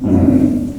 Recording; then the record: squeal of a Yucatan mini pig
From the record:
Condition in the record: after surgery on the right vocal fold (resection and tissue-engineered implant); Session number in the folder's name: 5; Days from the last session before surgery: 33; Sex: female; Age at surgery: 19 weeks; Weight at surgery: 25 kg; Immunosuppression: prednisolone